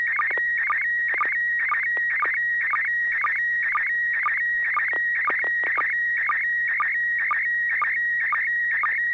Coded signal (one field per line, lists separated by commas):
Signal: SSTV (slow-scan television)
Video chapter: i got a good copy very few uh paper uh splashes around because of the white background